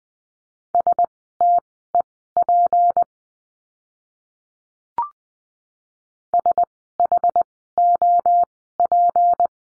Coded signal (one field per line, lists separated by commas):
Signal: Morse code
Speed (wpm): 20 wpm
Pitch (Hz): 700 Hz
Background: none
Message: STEP SHOP